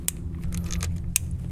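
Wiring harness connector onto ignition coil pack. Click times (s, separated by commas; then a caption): 0.1 s, 1.2 s. Wiring harness connectors are pushed back onto the ignition coil packs of a Toyota 1.8L 2ZR-FE engine (Corolla, Matrix, MR2) after replacing the PCV valve. Two sharp clicks ring out at 0.1 s and 1.2 s, with fainter ticks in between over a steady low hum. The connectors seat in place.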